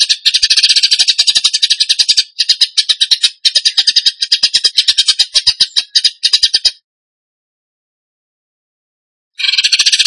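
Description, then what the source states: Bird song: harsh, buzzy, machine-gun bursts of dense high pulses in several runs, then a long silence before another burst starts. Training recording (masteran) of a bird singing in the tembakan gacor style.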